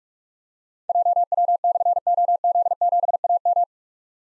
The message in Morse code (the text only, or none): JW/OZ7AM